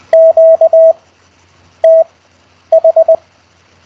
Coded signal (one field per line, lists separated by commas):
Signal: Morse code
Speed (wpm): 20 wpm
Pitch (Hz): 650 Hz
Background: none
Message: QTH